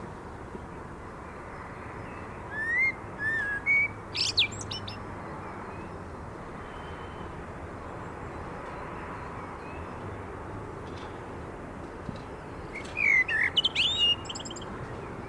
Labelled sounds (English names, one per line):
Common Blackbird song